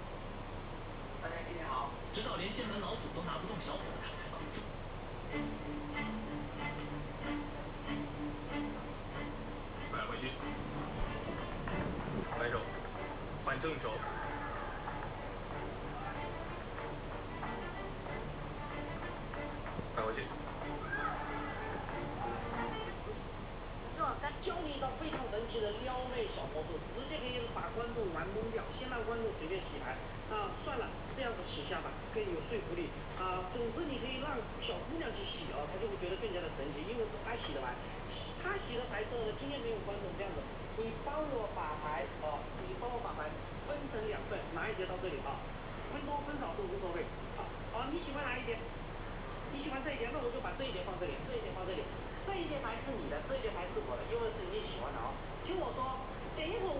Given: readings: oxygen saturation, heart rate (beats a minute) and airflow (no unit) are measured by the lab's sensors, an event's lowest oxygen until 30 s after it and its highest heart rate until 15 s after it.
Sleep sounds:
a person awake in a sleep study, by a voice recorder at the bedside; none
0.00-56.79 s: awake
From the record:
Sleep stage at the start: awake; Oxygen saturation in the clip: 93 to 95%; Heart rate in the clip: 58 to 71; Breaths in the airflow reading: 19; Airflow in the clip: -10.8 to 10.2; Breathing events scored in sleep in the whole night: 476 in 9.7 hours asleep

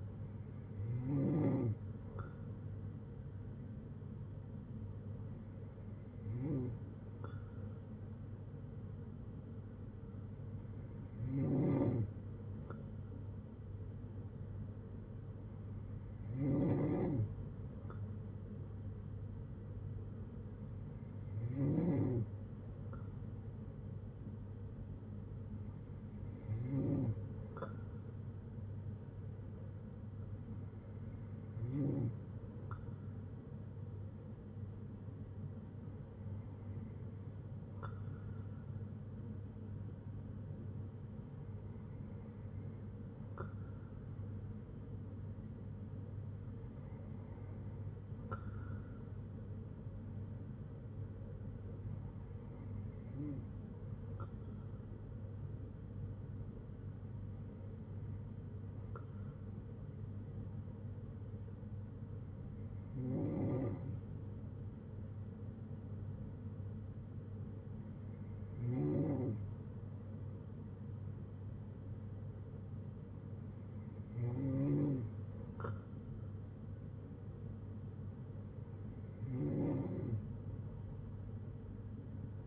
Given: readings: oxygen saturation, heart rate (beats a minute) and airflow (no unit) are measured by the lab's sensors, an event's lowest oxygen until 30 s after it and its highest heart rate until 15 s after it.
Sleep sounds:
breathing in sleep by a smartphone at the bedside; none
43.00-73.00 s: new sleep stage, N2 (light sleep)
73.00-82.47 s: new sleep stage, N3 (deep sleep)
From the record:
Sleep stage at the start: N3 (deep sleep); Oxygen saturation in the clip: 95 to 96%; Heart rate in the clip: 57 to 69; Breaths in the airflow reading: 16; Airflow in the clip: -7.1 to 5.4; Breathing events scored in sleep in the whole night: 182 in 7.4 hours asleep

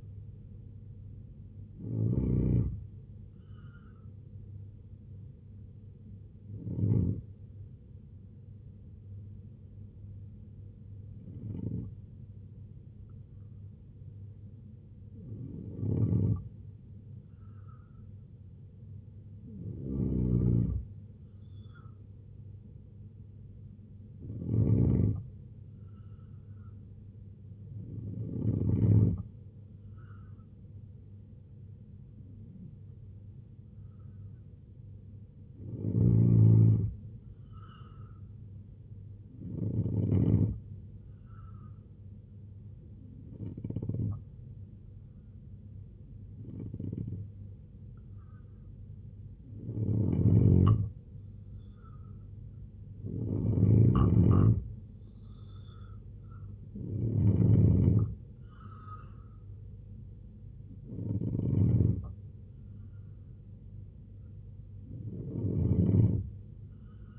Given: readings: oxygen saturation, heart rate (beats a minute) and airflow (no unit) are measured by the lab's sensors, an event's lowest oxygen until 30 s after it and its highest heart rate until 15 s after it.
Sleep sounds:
breathing in sleep by a smartphone at the bedside; 2
10.00-22.30 s: hypopnea (N2, oxygen 92% highest, then 87% lowest, heart rate 70 at the start, 77 highest)
41.00-57.20 s: hypopnea (N2, oxygen 89% highest, then 85% lowest, heart rate 69 at the start, 78 highest)
From the record:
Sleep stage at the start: N2 (light sleep); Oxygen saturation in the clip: 85 to 92%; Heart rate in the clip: 66 to 77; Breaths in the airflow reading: 10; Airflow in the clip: -3.3 to 5.6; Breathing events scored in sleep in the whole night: 258 in 7.4 hours asleep

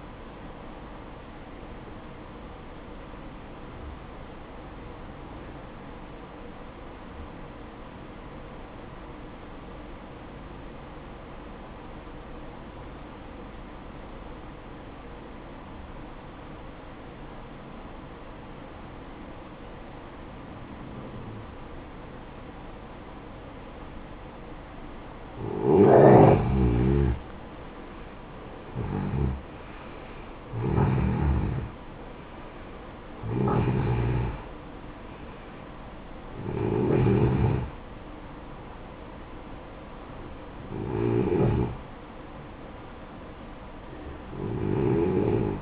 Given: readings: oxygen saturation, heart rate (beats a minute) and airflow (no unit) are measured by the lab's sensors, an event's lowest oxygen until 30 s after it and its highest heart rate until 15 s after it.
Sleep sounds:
breathing in sleep by a voice recorder at the bedside; 1
5.00-27.10 s: obstructive apnea (N1, oxygen 94% highest, then 88% lowest, heart rate 57 at the start, 70 highest)
From the record:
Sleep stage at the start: N1 (lightest sleep); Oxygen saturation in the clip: 90 to 94%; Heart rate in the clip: 54 to 73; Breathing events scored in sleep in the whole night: 573 in 9.8 hours asleep

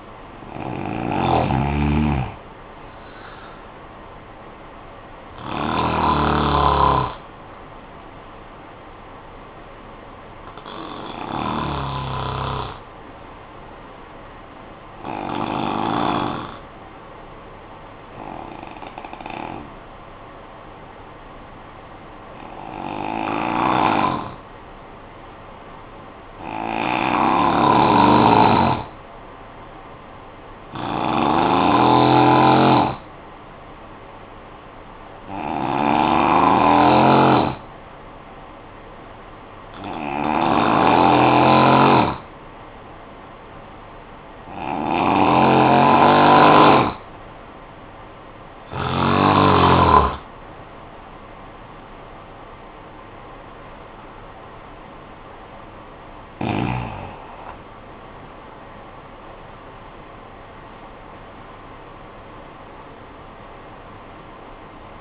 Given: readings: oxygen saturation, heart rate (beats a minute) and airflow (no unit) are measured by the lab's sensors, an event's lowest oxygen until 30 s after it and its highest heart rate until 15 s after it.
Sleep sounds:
breathing in sleep by a voice recorder at the bedside; 1
16.00-47.60 s: hypopnea (N2, oxygen 97% highest, then 88% lowest, heart rate 56 at the start, 72 highest)
53.00-65.01 s: new sleep stage, N1 (lightest sleep)
From the record:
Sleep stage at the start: N2 (light sleep); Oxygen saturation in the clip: 85 to 97%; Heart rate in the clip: 52 to 78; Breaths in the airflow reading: 15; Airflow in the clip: -11.1 to 12.7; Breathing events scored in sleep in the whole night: 445 in 7.6 hours asleep

